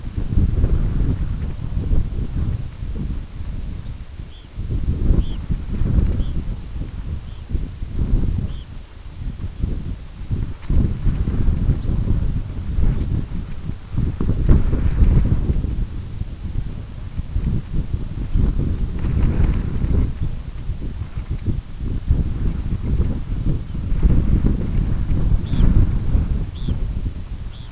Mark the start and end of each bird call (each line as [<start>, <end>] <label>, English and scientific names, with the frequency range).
[3.76, 3.96] Red Phalarope (Phalaropus fulicarius) (3.2-4.1 kHz)
[4.24, 4.52] Red Phalarope (Phalaropus fulicarius) (2.6-4.1 kHz)
[5.08, 5.46] Red Phalarope (Phalaropus fulicarius) (2.7-4.1 kHz)
[6.11, 6.43] Red Phalarope (Phalaropus fulicarius) (2.6-4.1 kHz)
[7.21, 7.52] Red Phalarope (Phalaropus fulicarius) (2.7-4.2 kHz)
[8.34, 8.71] Red Phalarope (Phalaropus fulicarius) (2.5-4.0 kHz)
[11.69, 11.96] Red Phalarope (Phalaropus fulicarius) (3.1-4.6 kHz)
[12.94, 13.11] Red Phalarope (Phalaropus fulicarius) (3.3-4.8 kHz)
[23.59, 23.80] Red Phalarope (Phalaropus fulicarius) (2.7-3.5 kHz)
[25.36, 25.67] Red Phalarope (Phalaropus fulicarius) (2.8-4.2 kHz)
[26.47, 26.84] Red Phalarope (Phalaropus fulicarius) (2.5-4.5 kHz)
[27.45, 27.71] Red Phalarope (Phalaropus fulicarius) (2.7-4.4 kHz)